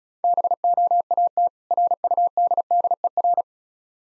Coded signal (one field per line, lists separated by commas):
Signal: Morse code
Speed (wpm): 34 wpm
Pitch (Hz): 700 Hz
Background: none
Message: BOAT RUDDER